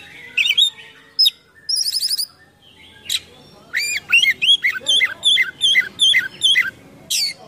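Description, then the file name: Oriental magpie-robin song with scattered chirps and a buzzy trill, then a run of repeated arching whistled notes. Full, continuous 'gacor' song packed with imitations of other sounds ('full isian mewah'). "KACER GACOR FULL ISIAN MEWAH"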